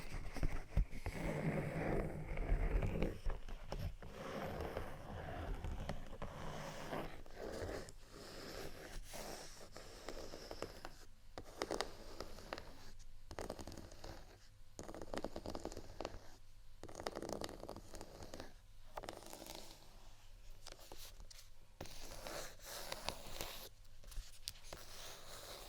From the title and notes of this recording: ASMR Scratch & Tap On Textured Items & beat （No Talking）.